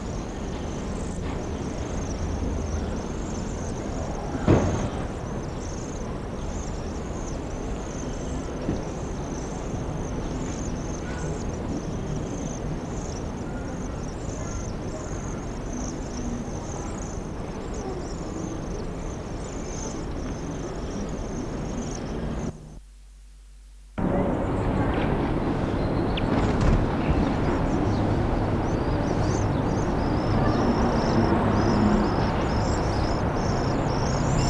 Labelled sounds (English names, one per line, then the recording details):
European Greenfinch call
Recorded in captivity
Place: Zoo Hannover, Niedersachsen, DE
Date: 1983-05-30
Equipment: Halbspur, 9,5 cm/s
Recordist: Lütgens, Hans
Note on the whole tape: Nestjunge, geschlüpft 24.5